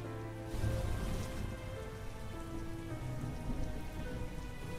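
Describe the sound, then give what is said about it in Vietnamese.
Steady night rain in Saigon patters and drips from a roof onto a hard surface, a dense, continuous wash of drops with a low rumble beneath, holding an even level throughout with no voices. “Ngoài trời lại đổ mưa. Sài Gòn mùa này là như vậy, cứ thoáng mưa thoáng tạnh. Những hạt mưa đêm từ trên mái giọt xuống từng giọt”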